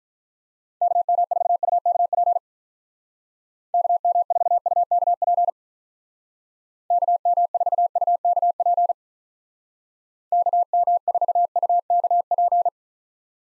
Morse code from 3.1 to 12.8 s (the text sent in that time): KM4UKP KM4UKP KM4UKP